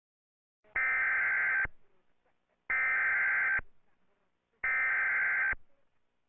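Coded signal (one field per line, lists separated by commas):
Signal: Emergency Alert System (SAME) tones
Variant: header bursts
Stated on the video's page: Mock EAS/EBS videos with valid tones.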